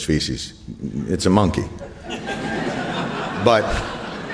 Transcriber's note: soundbite of laughter